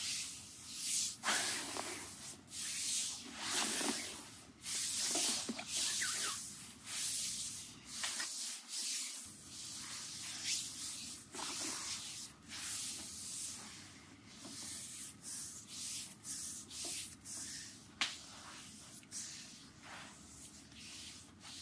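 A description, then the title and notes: Hands rub lotion over a foot in a steady rhythm of soft, wet sliding strokes, each swelling and fading every second or two. The strokes are hissy, some sharper and slicker than others, with a quiet low hum underneath throughout. ASMR Tingle Foot Massage with lotion.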